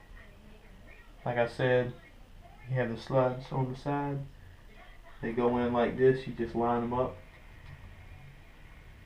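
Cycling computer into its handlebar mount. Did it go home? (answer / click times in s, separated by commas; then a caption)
no / none. Someone talks while the side slides of a Specialized Speedzone Sport Wireless cycling computer are lined up with the rails of its handlebar mount, ready to be pushed home. Only speech is heard over a quiet background, with no distinct handling sounds. The computer has not clicked into the mount yet.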